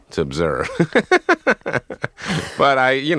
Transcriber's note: laughter